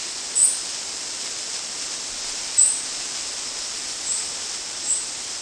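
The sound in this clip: Fox sparrow giving four sharp, very high chip notes at uneven intervals, the last two softer, over steady hiss.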